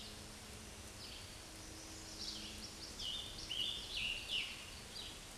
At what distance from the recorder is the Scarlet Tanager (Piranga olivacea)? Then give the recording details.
about 35 m. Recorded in a Pennsylvania forest on 19 May 2023 at 10:24. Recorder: AudioMoth, point grid1_26_low. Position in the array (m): 180 m, 67 m